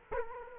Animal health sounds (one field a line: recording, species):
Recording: mosquito wingbeat signal from an infrared sensor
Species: Culex quinquefasciatus